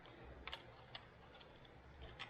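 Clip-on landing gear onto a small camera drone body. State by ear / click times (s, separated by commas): seated / 0.5 s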